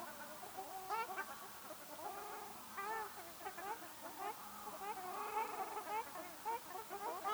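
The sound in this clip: Ruddy shelduck flock giving overlapping nasal, goose-like honks, a busy chorus of rising and falling calls throughout.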